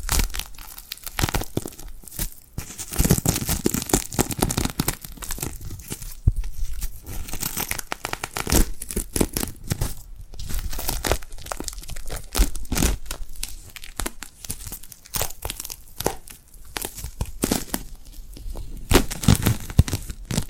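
Tingly hand sounds made with glue, a dense run of sticky peeling and crackling that never lets up. Sharp bright snaps and tearing bursts come several times a second, with small clusters of louder crunchy pulls around three, ten and eighteen seconds.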